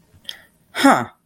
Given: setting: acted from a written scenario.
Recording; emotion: vocal sound without words; confusion